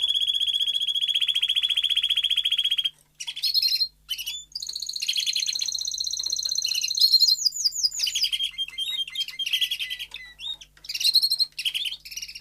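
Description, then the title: Domestic canary with a long steady buzzy trill, a pause, then varied phrases of rapid rolls and upslurred whistles. Male Belgian canary singing a lot, used to warm up young canaries within 30 minutes. "Canary Training Esquente Seu Filhote E Canario Belga Em 30 Minutos Macho Cantando Muito"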